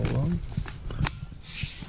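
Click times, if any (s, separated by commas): 1.1 s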